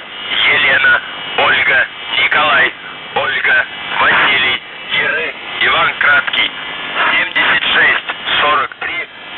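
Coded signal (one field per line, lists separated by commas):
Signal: numbers station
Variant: UVB-76, Russian voice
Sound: a single voice reads words in bursts over a narrow, muffled shortwave channel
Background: radio static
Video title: The Buzzer/UVB-76(4625Khz) January 28th, 2023 08:02UTC Voice message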